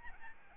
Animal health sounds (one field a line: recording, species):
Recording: mosquito wingbeat signal from an infrared sensor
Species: Aedes albopictus